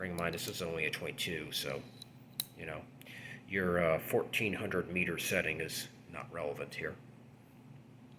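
A man talks while handling the metal rear sight elevation push-button on a CZ 457 Premium rifle, with faint metallic handling sounds under the speech. The clip ends before the push-button locks in place, so nothing has seated or clicked yet.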